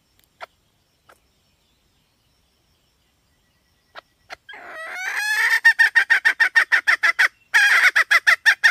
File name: tieng ga mai rung